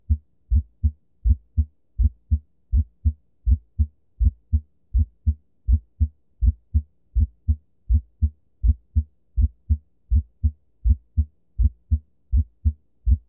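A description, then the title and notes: A heartbeat with a split first sound, heard as low, dull thuds in a steady, even rhythm of roughly eighty beats a minute. Each beat falls into a pair of muffled knocks, with near silence between them and no other sounds. Split S1 Heart Sound. The M1 sound occurs slightly before T1.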